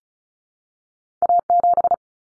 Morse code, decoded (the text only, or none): A7